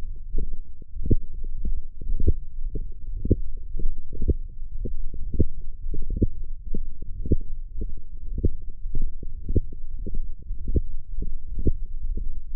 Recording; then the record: forearm muscle sounds (acoustic myography)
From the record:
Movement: wrist extension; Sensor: system 1, eight BSWA MPA416 microphones around the upper forearm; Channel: 6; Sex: male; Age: 23 years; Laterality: right